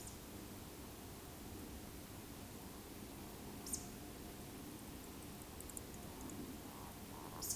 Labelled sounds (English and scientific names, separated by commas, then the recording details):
Eurasian Woodcock (Scolopax rusticola) whistle
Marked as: whistle, whistle, whistle
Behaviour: display flight
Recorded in Baden-Württemberg, Germany, on 28 May 2020 at 20:03 UTC
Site 31917, 145 m above sea level